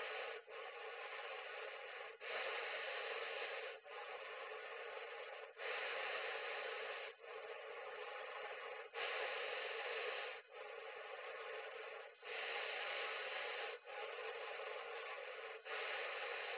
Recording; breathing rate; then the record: paced breathing near a phone; 18 breaths a minute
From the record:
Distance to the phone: 20 cm